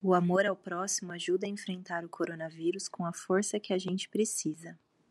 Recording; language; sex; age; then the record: spoken sentence; Brazilian Portuguese; female; 20 to 29 years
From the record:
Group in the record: control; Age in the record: 29 years